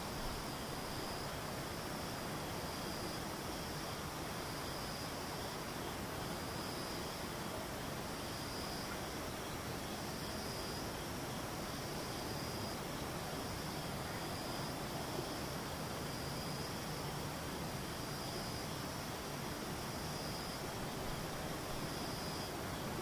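Insects buzz in a steady, dense chorus that never lets up over the whole recording. A bright, high trilling band throbs in a regular, rapid pulse above a thick, even hiss, with fainter high whines layered on top and no separate events standing out.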